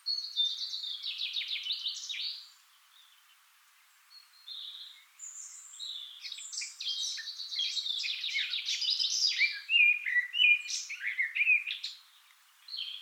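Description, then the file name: Eurasian blackcap song: a scratchy chatter, a short silence, then a long, fast warble of varied notes, with another phrase starting at the end. "Sylvia atricapilla"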